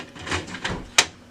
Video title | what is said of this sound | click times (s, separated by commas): Drum Reset - Onyx Imaging - Tulsa Printer Repair - Brother MFC-7365 (DR420) | it kinda click into place | 1.0 s